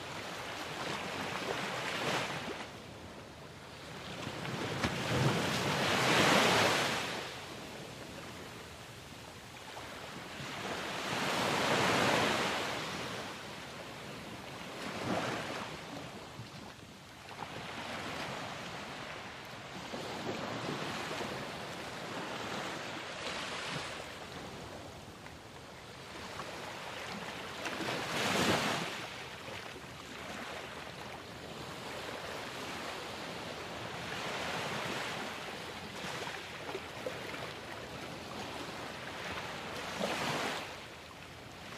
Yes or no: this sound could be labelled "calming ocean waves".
yes